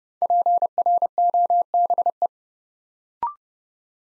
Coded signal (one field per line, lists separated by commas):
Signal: Morse code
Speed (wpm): 29 wpm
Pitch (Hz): 700 Hz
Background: none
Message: PROBE